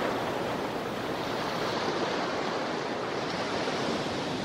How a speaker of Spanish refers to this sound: Rugir de olas golpeando acantilados